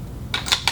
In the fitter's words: so I hear that click and I know we're good to go